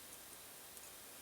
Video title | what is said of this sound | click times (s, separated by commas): C.K. builds a Clap on/off switch kit from Whadda | and of course that time it didn't click but that's what you want to do | none